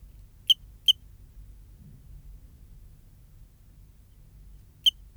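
Eugrylloides pipiens cricket producing two quick high chirps, a long silent gap, then one more, over a quiet low hum.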